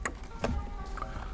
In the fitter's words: you gotta hear the snap